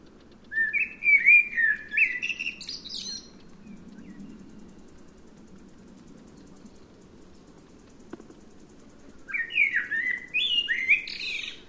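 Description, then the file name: Eurasian blackbird song: two separate bursts of fluty, slurred notes climbing into scratchy high twitters, divided by several seconds of quiet low hum. "Turdus merula"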